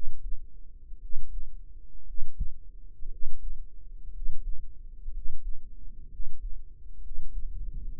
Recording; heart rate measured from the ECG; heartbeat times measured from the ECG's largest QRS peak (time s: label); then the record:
heart sounds by microphone in the right ear; 61 bpm
0.99 s: heartbeat
2.04 s: heartbeat
3.08 s: heartbeat
4.11 s: heartbeat
5.11 s: heartbeat
6.08 s: heartbeat
7.00 s: heartbeat
7.92 s: heartbeat
From the record:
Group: healthy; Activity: rest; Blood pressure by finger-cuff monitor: 129/79 mmHg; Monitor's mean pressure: 90 mmHg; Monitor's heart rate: 58 bpm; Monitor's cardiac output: 6.3 L/min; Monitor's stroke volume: 111 mL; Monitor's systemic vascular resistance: 1060 dyn s/cm5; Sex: male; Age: 23 years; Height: 178 cm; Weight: 96.6 kg